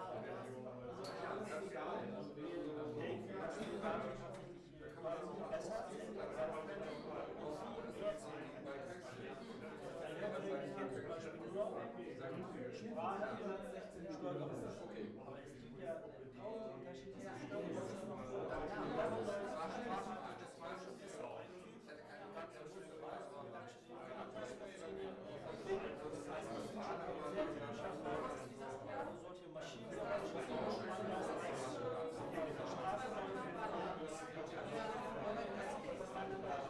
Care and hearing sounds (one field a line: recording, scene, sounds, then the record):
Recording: everyday scene through a hearing-aid microphone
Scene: many people talking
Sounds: many voices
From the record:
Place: bistro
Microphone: behind the ear, right, rear